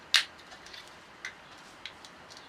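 Two injection-moulded plastic halves of an Airfix 1/48 scale Messerschmitt Bf109E model aircraft kit (#05120) are pressed together so their locating pins snap into place. Sharp clicks sound at 0.1, 1.3 and 1.9 seconds, with the first loudest, plus fainter ticks between them. The halves seat together nice and tight.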